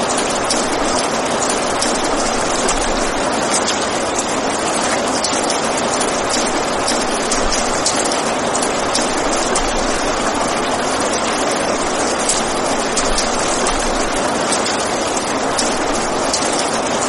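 Heavy rain pours down in a dense, steady roar that never lets up across the whole stretch. The hiss is bright and full, crowded with countless fine patters, while faint low rumbles stir now and then underneath.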